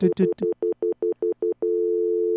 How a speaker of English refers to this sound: That's a busy signal that goes into dial tone, but that means that you have a message. Oh, huh? When it goes boop, just, boop, boop, boop, at the beginning. I think that also does that to tell you just picked up the phone.